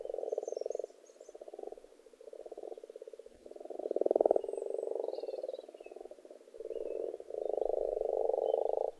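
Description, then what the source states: Frogs croaking in a dense chorus of rapid pulsed trills, swelling and fading in bursts. Frogs in a pond.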